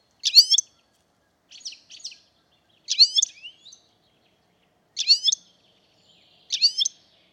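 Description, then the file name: European Goldfinch calls: bright, tinkling clusters of high chirps, given in short bursts every one to two seconds, with softer twittering notes between; otherwise quiet. "Carduelis carduelis"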